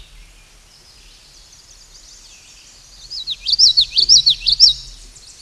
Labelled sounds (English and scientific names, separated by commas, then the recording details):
Common Yellowthroat (Geothlypis trichas) song
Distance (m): 10 m
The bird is about 10 m above the microphone
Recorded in a Pennsylvania forest on 16 May 2024 at 09:02
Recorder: AudioMoth, point MSD-1293
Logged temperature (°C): 12.0 °C
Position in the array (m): 57 m, 160 m